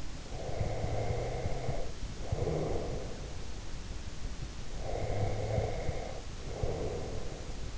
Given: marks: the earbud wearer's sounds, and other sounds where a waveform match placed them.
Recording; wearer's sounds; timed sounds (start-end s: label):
sounds in sleep by an in-ear microphone; breath
0.13-3.42 s: breath
4.66-7.77 s: breath